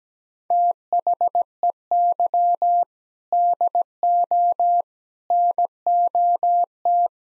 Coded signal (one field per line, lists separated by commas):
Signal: Morse code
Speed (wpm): 17 wpm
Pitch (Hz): 700 Hz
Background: none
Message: THEY DO NOT